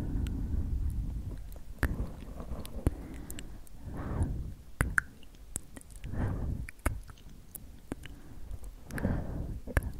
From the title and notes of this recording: Super Slow & Tingly SkSk from Ear to Ear Sleepy ASMR for Relaxation & White Noise.